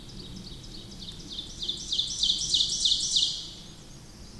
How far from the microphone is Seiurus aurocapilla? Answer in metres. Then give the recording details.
about 20 m. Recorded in boreal forest in Alberta, Canada, on 8 June 2016 at 08:50. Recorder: SongMeter 3, array SBT-3-9. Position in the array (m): 165 m, 150 m. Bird 35